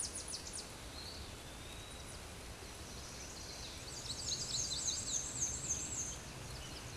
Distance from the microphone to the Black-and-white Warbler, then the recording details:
about 25 m. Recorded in a Pennsylvania forest on 19 May 2023 at 13:14. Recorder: AudioMoth, point grid1_37_low. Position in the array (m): 74 m, 212 m